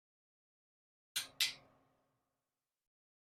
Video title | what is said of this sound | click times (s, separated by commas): 64 Nova 6.0 LQ4 LSX LS Swap Project Jolene Episode 4 Block Plug and Engine Adapter Installation | if you heard that click | 1.2 s